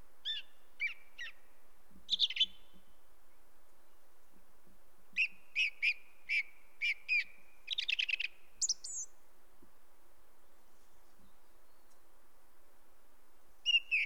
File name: grive musicienne